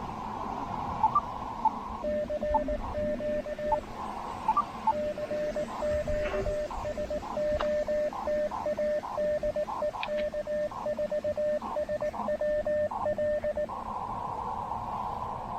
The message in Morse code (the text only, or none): CQ CQ SOTA DE K4SWL